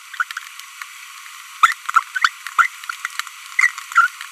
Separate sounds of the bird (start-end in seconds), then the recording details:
0.20-0.23, 0.37-0.39, 1.63-1.73, 1.94-2.03, 2.22-2.28, 2.59-2.67, 3.59-3.71, 3.92-4.07. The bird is a female. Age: 25 days. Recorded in a nest box in Venezuela. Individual 17B42B1